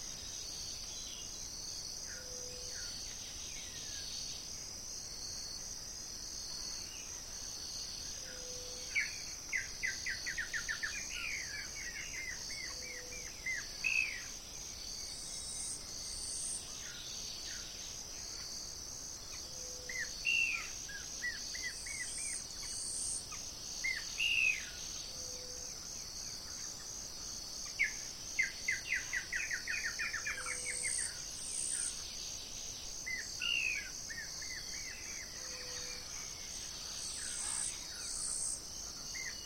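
Forest birds chirp in short bright bursts every few seconds over a constant high insect drone, with a soft low hoot recurring regularly.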